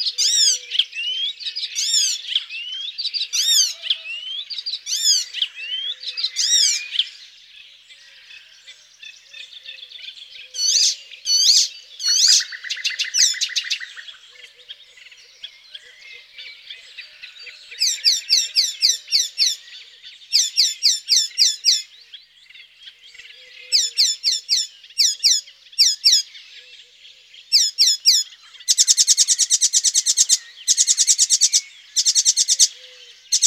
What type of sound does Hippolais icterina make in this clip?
song